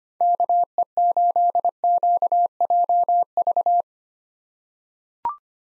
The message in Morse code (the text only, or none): KE8QJV